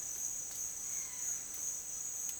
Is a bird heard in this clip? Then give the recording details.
no. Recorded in dense forest near Puerto Asís, Putumayo, Colombia, on 25 June 2025 at 11:00. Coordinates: 0.484, -76.325. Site H65